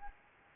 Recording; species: mosquito wingbeat signal from an infrared sensor; Anopheles arabiensis